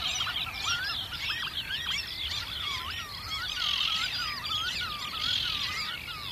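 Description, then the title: Black-tailed Godwit calling: looping, rising-and-falling nasal notes tumble over each other from several birds in a busy, steady chorus. Wader that has recently settled in Finland. "Viikon luontoääni: Mustapyrstökuiri"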